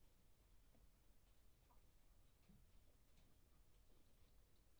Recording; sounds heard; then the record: poultry house recording; healthy chickens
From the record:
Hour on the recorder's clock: 23